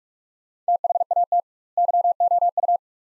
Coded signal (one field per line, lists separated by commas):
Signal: Morse code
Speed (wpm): 46 wpm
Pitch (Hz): 700 Hz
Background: none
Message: THAT YOU